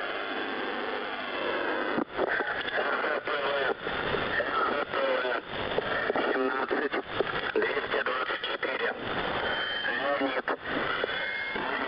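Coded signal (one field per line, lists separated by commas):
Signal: coded military voice message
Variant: T-Marker, Russian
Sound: a male voice reading Russian words and numbers through heavy, hissy shortwave static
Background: radio static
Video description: T-Marker | 17th June 2024 | Monolith Voice Message!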